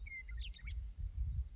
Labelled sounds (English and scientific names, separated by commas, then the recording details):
Western Meadowlark (Sturnella neglecta)
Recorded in Sonoma County, California